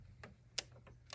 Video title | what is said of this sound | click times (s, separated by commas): P0496 Code? EASY FIX - How to Replace the VAPOR CANISTER PURGE VALVE Chevy Sonic | you hear it and then snaps and then we're going to pull it to make sure it's actually in there | 0.6 s